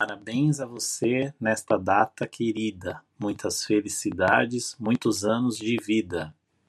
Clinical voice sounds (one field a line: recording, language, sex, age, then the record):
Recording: short text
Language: Brazilian Portuguese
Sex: male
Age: 40 to 49 years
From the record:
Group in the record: control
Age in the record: 41 years